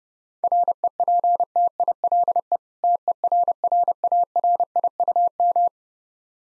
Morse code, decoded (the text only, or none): REPTILE TERRARIUM